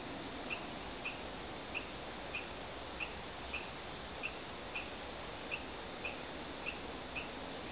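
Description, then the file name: Andre's thin-toed frog calling: short, high, clicky notes repeated steadily over a constant hiss. "Adenomera andreae QU"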